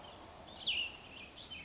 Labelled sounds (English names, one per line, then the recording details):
Cassin's Vireo
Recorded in Sonoma County, California